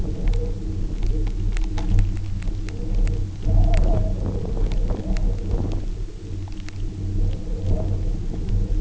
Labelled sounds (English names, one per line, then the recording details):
none
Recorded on Arctic tundra, site UTQI-0, on 27 June 2018
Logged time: 04:00